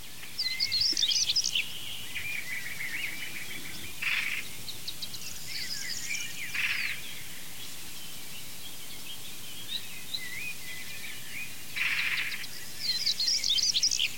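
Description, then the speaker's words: European Stonechat song: short scratchy, twittering high phrases in separate bursts, returning every few seconds over a steady hiss of outdoor background noise. Distinctive, striking song; field recording made roughly 40–45 m from the singing bird. "Lauschen wir noch einmal dem schönen und markanten Gesang des Schwarzkehlchens"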